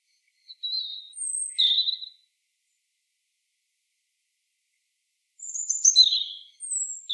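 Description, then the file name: European robin delivering short high phrases of thin whistles and scratchy warbles, separated by a silence of about three seconds, no other sounds. "Erithacus rubecula"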